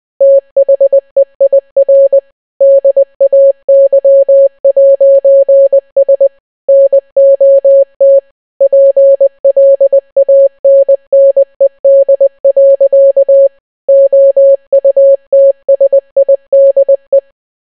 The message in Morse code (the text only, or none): THEIR DAY'S NOT PLANNED. OUTSIDE